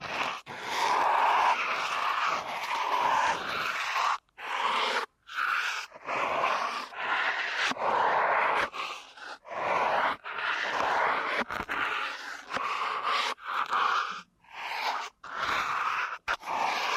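Close, continuous rubbing and crackling against the microphone, like fingers massaging deep in an ear canal. The texture is dense and fairly bright, swelling and easing in slow strokes, broken by brief near-silent pauses every second or two, with no other sounds.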